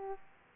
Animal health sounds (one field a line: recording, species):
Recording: mosquito wingbeat signal from an infrared sensor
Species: Aedes aegypti